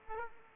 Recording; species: mosquito wingbeat signal from an infrared sensor; Aedes aegypti